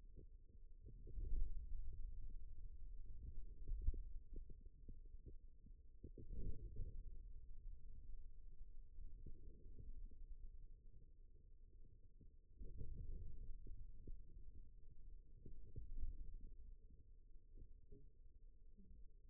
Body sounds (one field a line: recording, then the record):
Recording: forearm muscle sounds (acoustic myography)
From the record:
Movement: radial deviation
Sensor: system 2, bracelet of six BSWA MPA416 microphones around the upper forearm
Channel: 6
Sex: male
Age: 22 years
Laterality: right